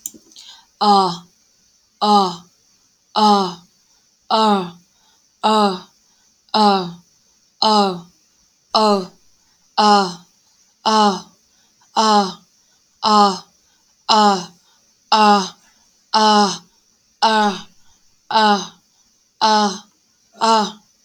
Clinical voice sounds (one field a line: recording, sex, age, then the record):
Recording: vowel held as long as possible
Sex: female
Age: 20 to 29 years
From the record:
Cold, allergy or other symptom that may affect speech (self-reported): no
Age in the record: 25 years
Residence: North Carolina, United States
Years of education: 12